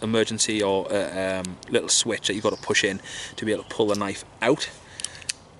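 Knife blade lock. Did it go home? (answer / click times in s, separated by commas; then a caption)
yes / 5.3 s. A knife with a small switch that has to be pushed in before the knife can be pulled out, its lock clicking into place. Someone talks for most of the clip, then a few quick sharp clicks sound near the end, the loudest at 5.3 s, as the knife lock clicks into place.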